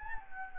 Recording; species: mosquito wingbeat signal from an infrared sensor; Anopheles gambiae